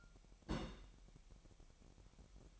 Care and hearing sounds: daily activity, microphone in the room; place on stove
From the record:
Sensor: 1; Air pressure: 1012.1 hPa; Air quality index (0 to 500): 220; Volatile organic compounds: 5 ppm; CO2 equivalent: 1759 ppm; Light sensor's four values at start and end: 65/155/65/67 and 65/155/65/67

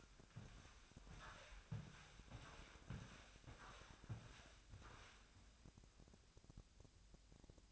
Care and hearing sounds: daily activity, microphone in the room; walk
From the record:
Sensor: 2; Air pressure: 1000.3 hPa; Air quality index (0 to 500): 159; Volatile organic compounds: 3 ppm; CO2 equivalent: 1331 ppm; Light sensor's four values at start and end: 13/35/14/16 and 13/35/14/16

